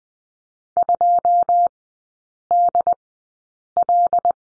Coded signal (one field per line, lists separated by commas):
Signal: Morse code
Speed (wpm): 20 wpm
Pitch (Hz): 700 Hz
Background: none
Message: 2DL